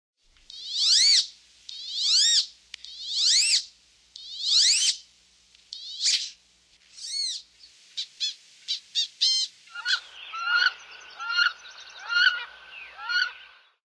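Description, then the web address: Wood duck calls: a series of high, sharply rising squeals about every second, then quicker, shorter notes. "Songs of Birds of North America Western USA Songbirds. Wood Duck"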